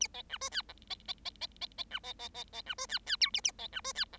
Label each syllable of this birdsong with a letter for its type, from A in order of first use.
A B C D E F B B B B B B C B B B B C D E E G A A B C D E F